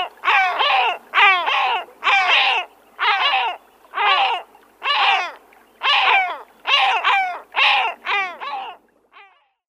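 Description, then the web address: Great black-backed gull call series: many loud, harsh, downward-slurred yelps in steady succession, fading at the end. "Schulze Peter Great Black-backed Gull"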